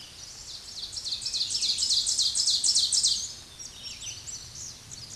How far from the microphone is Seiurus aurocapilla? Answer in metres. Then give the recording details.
about 5 m. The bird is about level with the microphone. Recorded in a Pennsylvania forest on 16 May 2024 at 07:51. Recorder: AudioMoth, point MSD-0475. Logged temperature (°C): 12.3 °C. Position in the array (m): 149 m, 2 m